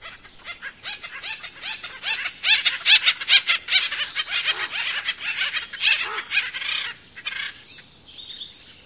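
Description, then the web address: Acorn woodpecker giving a rapid, raucous series of harsh, laughing notes, rising in intensity mid-way, then tapering into scattered calls. "Songs of Birds of North America Know Your Bird Sounds Common Western Species. Acorn Woodpecker"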